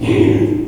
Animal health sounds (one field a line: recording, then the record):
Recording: squeal of a Yucatan mini pig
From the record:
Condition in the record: before surgery on the right vocal fold (resection and tissue-engineered implant)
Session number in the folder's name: 2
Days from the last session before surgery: 0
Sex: male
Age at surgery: 12 weeks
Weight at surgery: 13 kg